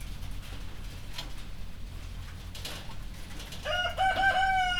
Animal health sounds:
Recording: poultry house recording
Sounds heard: healthy chickens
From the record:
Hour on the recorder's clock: 1

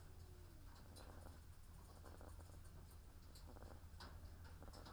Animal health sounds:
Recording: poultry house recording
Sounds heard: sick chickens (respiratory disease)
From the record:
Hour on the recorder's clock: 13

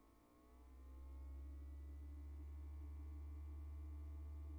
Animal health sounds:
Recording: poultry house recording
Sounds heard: no chicken sound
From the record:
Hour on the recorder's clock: 22

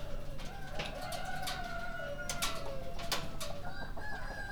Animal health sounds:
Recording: poultry house recording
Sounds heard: healthy chickens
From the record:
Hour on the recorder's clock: 23

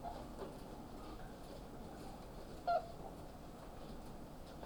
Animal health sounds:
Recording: poultry house recording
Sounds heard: sick chickens (respiratory disease)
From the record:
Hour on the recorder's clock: 2

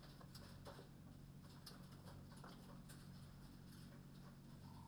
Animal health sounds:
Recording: poultry house recording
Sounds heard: healthy chickens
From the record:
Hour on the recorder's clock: 21

